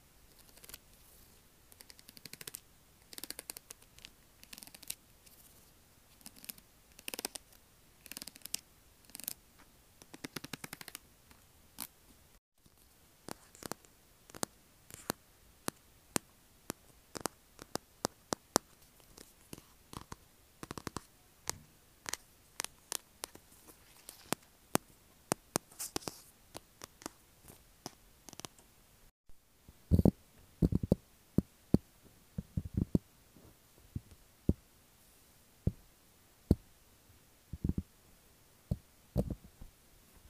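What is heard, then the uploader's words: Pages flip in quick, irregular bursts, each turn a sharp papery snap or rustle, sometimes several in rapid succession. Two brief silent gaps break the run near 12 and 29 seconds, and the final stretch has sparser, heavier flips. 𝑜𝑛𝑒 ℎ𝑜𝑢𝑟 𝑜𝑓 𝐴𝑆𝑀𝑅 - 𝑛𝑜 𝑡𝑎𝑙𝑘𝑖𝑛𝑔. ᴘᴀɢᴇ ғʟɪᴘᴘɪɴɢ.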